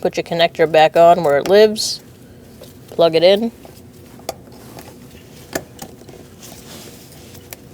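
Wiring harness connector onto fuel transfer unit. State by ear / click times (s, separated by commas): not seated / none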